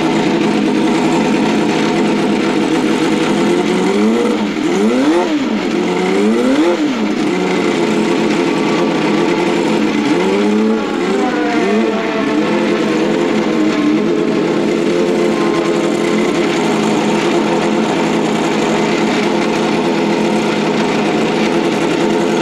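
A turbocharged IndyCar V8 drones steadily, its pitch swooping up and down in waves around five and eleven seconds, then holding steady.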